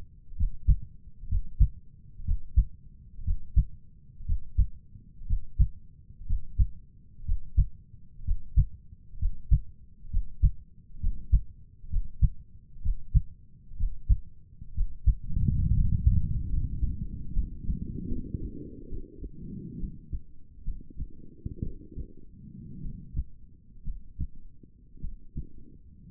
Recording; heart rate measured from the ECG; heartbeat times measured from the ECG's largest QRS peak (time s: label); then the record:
heart sounds by stethoscope; 63 bpm
0.35 s: heartbeat
1.27 s: heartbeat
2.23 s: heartbeat
3.23 s: heartbeat
4.24 s: heartbeat
5.25 s: heartbeat
6.25 s: heartbeat
7.24 s: heartbeat
8.23 s: heartbeat
9.17 s: heartbeat
10.09 s: heartbeat
10.99 s: heartbeat
11.88 s: heartbeat
12.81 s: heartbeat
13.75 s: heartbeat
14.73 s: heartbeat
15.72 s: heartbeat
16.48 s: heartbeat
17.32 s: heartbeat
18.07 s: heartbeat
18.88 s: heartbeat
19.78 s: heartbeat
20.63 s: heartbeat
21.62 s: heartbeat
22.80 s: heartbeat
23.83 s: heartbeat
25.00 s: heartbeat
From the record:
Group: healthy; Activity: Valsalva maneuver 0-14 s, rest 14-26 s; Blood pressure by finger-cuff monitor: 128/74 mmHg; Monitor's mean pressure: 93 mmHg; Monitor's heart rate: 63 bpm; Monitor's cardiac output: 5.9 L/min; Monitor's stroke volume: 91 mL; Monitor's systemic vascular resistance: 1130 dyn s/cm5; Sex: female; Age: 23 years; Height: 160 cm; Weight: 50.4 kg